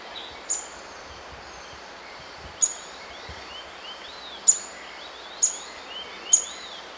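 White-browed foliage-gleaner call notes: five sharp, high, ticking notes at uneven intervals, with soft sliding whistles behind them.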